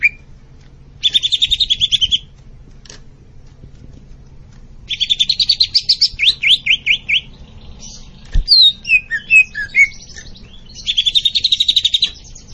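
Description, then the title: Greater green leafbird giving short bursts of rapid buzzy trills separated by silent gaps, plus a run of downslurred whistles; low hum throughout. Described as gacor, meaning singing actively and persistently. "Cucak Ijo Gacor"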